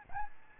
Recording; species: mosquito wingbeat signal from an infrared sensor; Aedes albopictus